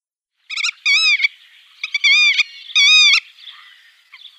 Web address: Schulze Peter Black-tailed Godwit calls